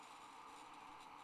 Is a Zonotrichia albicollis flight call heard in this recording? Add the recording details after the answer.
no. No flight call is heard. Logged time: 06:48 on 30 November 2014